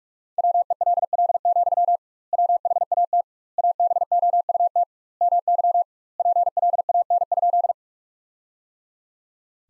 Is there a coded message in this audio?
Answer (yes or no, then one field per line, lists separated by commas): yes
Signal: Morse code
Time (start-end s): 0.4-7.7 s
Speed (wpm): 46 wpm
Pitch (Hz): 700 Hz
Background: none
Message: WELL, WHAT ABOUT MY PLAN?